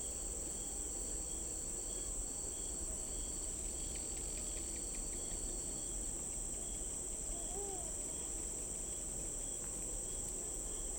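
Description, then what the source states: Crickets chirp in high pulsed bursts that stop after several seconds, leaving a continuous insect hum over a low, steady background rumble. Recorded at night in an urban park or residential suburban backyard.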